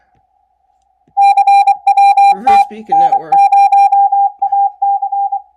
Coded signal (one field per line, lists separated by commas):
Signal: Morse code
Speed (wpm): 24 wpm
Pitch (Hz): 780 Hz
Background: speech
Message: CWT N0AC